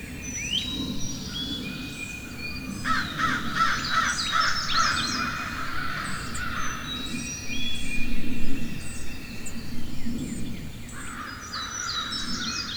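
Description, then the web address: Crows calling with rough, repeated caws in bursts, over a low background rumble. Forest ambience. "Wav Junction Sound Effects - Ambience. Ambience Forest Crows Birds Chirping"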